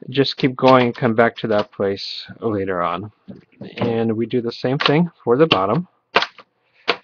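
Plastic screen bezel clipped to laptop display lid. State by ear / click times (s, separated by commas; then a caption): released / 6.2 s, 6.4 s, 6.9 s. Someone talks while fingertips lift the plastic bezel up and out along the bottom edge of the Toshiba Satellite L855 laptop's display lid, around the LCD. Sharp snaps at 6.2, 6.4 and 6.9 seconds are the bezel clips releasing, a sign the bezel is coming off.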